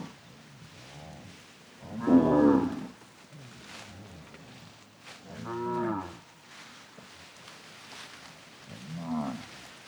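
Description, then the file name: Cattle mooing three times, deep harmonic moos about every three to four seconds, the first loudest, over quiet rustling. Cattle herd walking on grass pasture, hooves audible, several moos. "Patas no pasto do gado varios mugidos"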